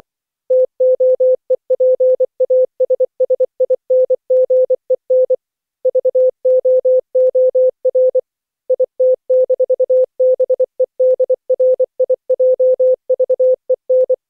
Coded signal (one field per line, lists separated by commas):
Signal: Morse code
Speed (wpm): 24 wpm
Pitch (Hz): 510 Hz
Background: none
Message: TOEPASSINGEN VOOR IT-BEDRIJVEN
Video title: Daily Minutes, November 27, 2015, without the Contestia.